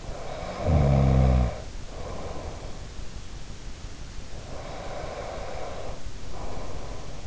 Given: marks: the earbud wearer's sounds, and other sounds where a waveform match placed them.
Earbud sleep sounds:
sounds in sleep by an in-ear microphone; snoring breath, breath
0.02-2.84 s: snoring breath
4.18-7.26 s: breath

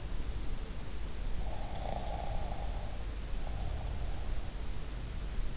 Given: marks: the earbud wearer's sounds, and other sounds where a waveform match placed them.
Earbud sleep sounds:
sounds in sleep by an in-ear microphone; snoring breath
1.46-4.42 s: snoring breath

